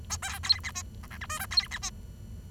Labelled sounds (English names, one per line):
Bengalese Finch song